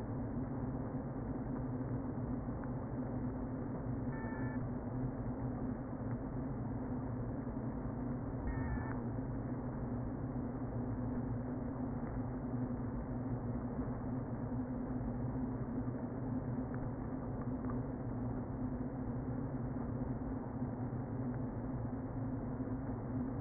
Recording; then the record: honeybee colony, microphone inside the hive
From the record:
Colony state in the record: queen present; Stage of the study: before two queens were removed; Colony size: about 60,000 bees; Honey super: yes